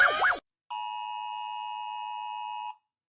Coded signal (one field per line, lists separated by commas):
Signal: Emergency Alert System (SAME) tones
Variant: 853 and 960 Hz attention tone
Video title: Some EAS Alarms 1